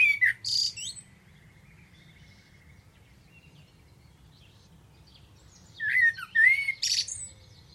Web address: Deverinetal Bird Only Tu Me Tu Me